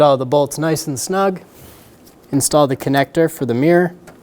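Someone talks while handling the plastic electrical connector of a side mirror on a 2010-2014 Subaru Outback, about to be pushed onto its mating harness plug in the door after the mounting bolts are snugged. The connector is handled but not yet home, and nothing has seated or clicked yet.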